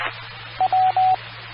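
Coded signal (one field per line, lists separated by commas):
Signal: none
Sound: repeater courtesy tone beeps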